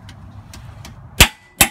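A click-type torque wrench set to about 140 lb-ft tightens a trailer hitch mounting bolt on a 2017 Honda Pilot. A few faint ratchet ticks lead up to two sharp, loud clicks at 1.2 s and 1.6 s as the wrench reaches its setting. That bolt is torqued and done.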